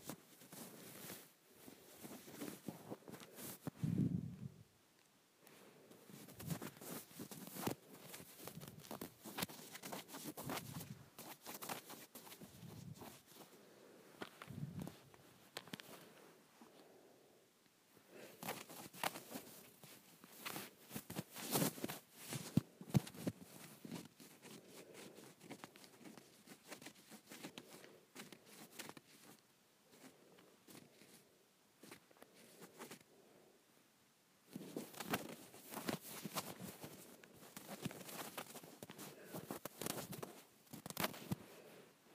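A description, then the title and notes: Fabric being scratched in dense, irregular bursts of dry rasping that run through most of the clip, with quieter lulls near 17 seconds and around 31–34 seconds. A low thump sounds near 4 seconds, and the scratching grows busier again from about 34 seconds. Scratching my Shirt.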